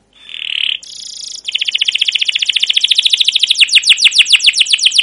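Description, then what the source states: Canary singing: a brief buzzy note, then a long rapid roll of repeated chirps that slows and grows more sweeping toward the end. Canary song with long continuous singing, cuit cuit calls and ngerol rolling trills, used as a pancingan lure to train other canaries.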